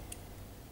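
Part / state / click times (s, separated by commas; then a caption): small screw into a threaded hole of a flybar seesaw part / seated / 0.1 s. A small screw going into a cross hole of a Hiller 450V2 helicopter flybar seesaw part is turned backwards rather than forced in, until its thread drops into the existing thread. A single small, bright click is heard at 0.1 s over a steady low background hum. The thread has seated and the screw is ready to be tightened.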